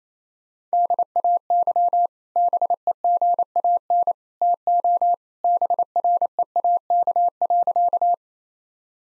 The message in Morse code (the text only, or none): DAY BEGAN TO BREAK.